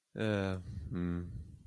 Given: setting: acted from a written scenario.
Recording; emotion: vocal sound without words; embarrassment